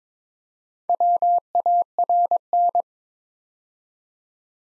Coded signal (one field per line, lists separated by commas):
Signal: Morse code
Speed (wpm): 22 wpm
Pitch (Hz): 700 Hz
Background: none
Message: WARN